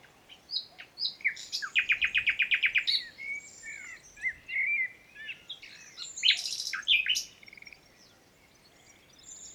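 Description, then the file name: Common nightingale song, a fast rattling run of repeated notes followed by a jumble of whistles and chirps. "Luscinia megarhynchos"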